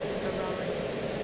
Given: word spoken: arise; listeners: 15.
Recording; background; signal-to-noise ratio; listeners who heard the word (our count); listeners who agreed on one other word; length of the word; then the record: one English word in noise, from a listening test; speech-shaped noise; -6.5 dB; 2 of 15; 8 of 15; 0.84 s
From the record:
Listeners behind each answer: 8, 2, 1, 1, 1, 1, 1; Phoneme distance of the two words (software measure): 10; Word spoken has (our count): 2 syllables, 4 phonemes, stress on syllable 2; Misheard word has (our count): 2 syllables, 4 phonemes, stress on syllable 2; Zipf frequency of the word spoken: 3.56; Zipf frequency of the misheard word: 4.47